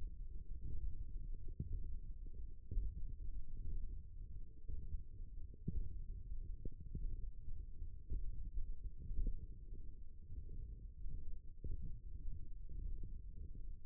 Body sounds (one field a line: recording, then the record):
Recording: forearm muscle sounds (acoustic myography)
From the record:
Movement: radial deviation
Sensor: system 1, eight BSWA MPA416 microphones around the upper forearm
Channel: 7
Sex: male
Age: 18 years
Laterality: right